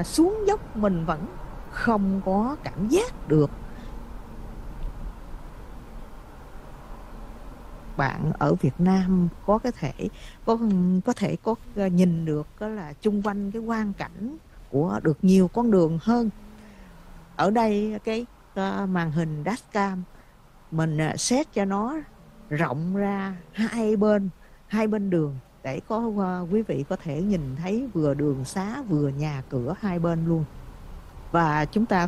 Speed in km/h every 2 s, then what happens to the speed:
53, 52, 45, 39, 29, 16, 10, 11, 8, 0, 0, 0, 0, 0, 16, 26.
0-11 brakes to 10. 15-18 brakes to 0. 18-27 standing. 27-32 pulls away to 26.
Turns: none.